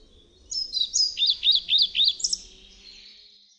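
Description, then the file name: European pied flycatcher song: a brisk phrase of about eight high, slurred notes in under two seconds, then fading. "MUCHOLOWKAZALOBNA"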